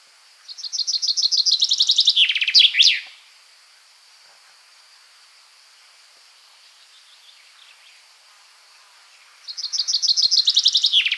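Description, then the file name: Common chaffinch song: a bright trill of repeated notes tumbling lower into an ending flourish, then a second song starting after a long pause, with a faint high whine throughout. "Fringilla coelebs"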